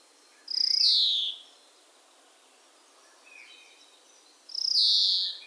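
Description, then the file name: European greenfinch wheezing calls, two long buzzy nasal notes sliding slightly downward, about four seconds apart, with soft faint twittering between them. "Chloris chloris"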